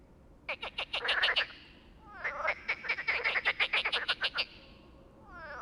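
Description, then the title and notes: Frogs croak in pulsed bursts, with gliding harmonic sounds near the start of the second burst and at the very end. Frogs singing all night at a small pond beside the Loire near Bréhémont, France; they ignored the recordist's attempts to make them answer; sing when distant freight trains pass; Oktava MK012 ORTF, MixPre, Zoom H4n. "37130 Bréhémont, France - Trying to communicate with Frogs. Nous avions établis le camp à coté d'un étang peuplé de grenouilles qui se sont mise à chanter toute la nuit. Elles se mettent cependant à chanter lorsqu'un train de marchandises passe au loin. A little pond next to the river Loire"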